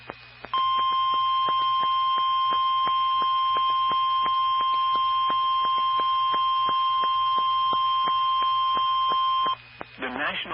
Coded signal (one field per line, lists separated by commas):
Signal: Emergency Alert System (SAME) tones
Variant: 1050 Hz attention tone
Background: speech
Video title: EAS #855-867 (Late June 2021)